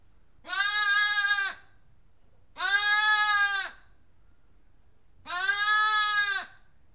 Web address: BBC Sound Effects Library Livestock One Lamb Bleating In Barn